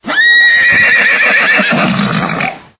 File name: Horse